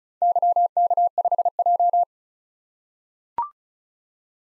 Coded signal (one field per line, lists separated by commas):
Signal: Morse code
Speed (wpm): 36 wpm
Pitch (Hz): 700 Hz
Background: none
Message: YK5J